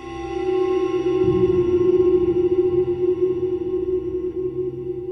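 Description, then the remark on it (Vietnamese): A hand-held đà xá bell rings out in a sustained, shimmering metallic tone with rich overtones, holding steady and fairly loud for several seconds with a low rumble underneath and no voices. “Chuông đà xá vang lên, cùng với đó là tam muội chân hỏa phù thiêu đốt con quỷ.”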